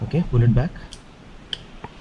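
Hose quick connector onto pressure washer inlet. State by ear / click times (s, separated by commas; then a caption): seated / 1.5 s. Someone talks briefly while the collar of the inlet hose's quick connector is pulled back and the hose coupling is pushed onto the inlet of a StarQ high-pressure washer. A sharp click at 1.5 s marks the connector seating, followed by a softer tick at 1.8 s. The hose is connected.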